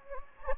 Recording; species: mosquito wingbeat signal from an infrared sensor; Anopheles gambiae